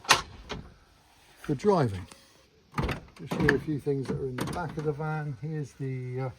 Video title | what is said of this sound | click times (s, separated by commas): Big Blue walk around | And when you spin it around the other way, then lock in place | 0.1 s